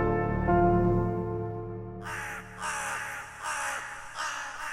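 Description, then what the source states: Crow cawing, several harsh caws after a steady low humming tone fills the opening two seconds. Recorded in a cemetery at a family grave.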